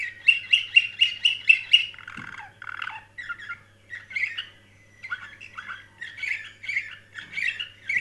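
Canary song opening with a quick series of loud, bright repeated notes, then shifting into varied rolling trills and chirpy phrases, with a low steady hum beneath.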